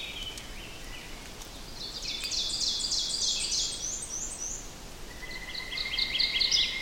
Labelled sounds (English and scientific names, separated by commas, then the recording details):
Ovenbird (Seiurus aurocapilla) song
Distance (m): 30 m
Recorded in boreal forest in Alberta, Canada, on 4 June 2016 at 06:36
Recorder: SongMeter 3, array SBT-3-51
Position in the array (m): 210 m, 19 m
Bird 27